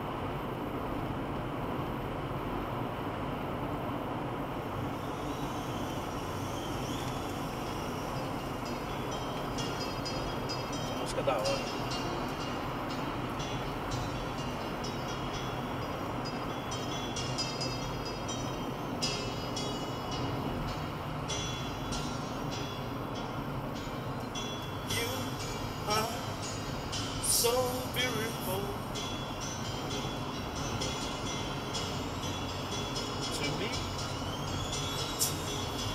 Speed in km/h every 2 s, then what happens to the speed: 120, 119, 118, 118, 118, 119, 120, 116, 112, 109, 104, 99, 99, 101, 101, 103, 103, 105.
0-13 steady at about 119. 13-23 slows to 99. 23-36 steady at about 101.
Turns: none.